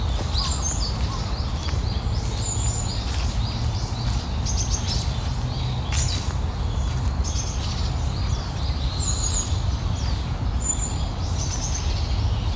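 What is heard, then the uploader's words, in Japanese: Small birds chirp and sing in a park in the morning, their high, thin calls coming every second or two over a steady rushing wash of flowing water. A few soft crackles, perhaps footsteps on fallen leaves, break through now and then, around the sixth second. 鳥たちの声。公園の朝散歩で聴こえてくる自然音。朝、公園で聴こえてくる小川のせせらぎや滝のオト、小鳥のさえずりや落ち葉ふみなど。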